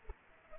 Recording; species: mosquito wingbeat signal from an infrared sensor; Culex pipiens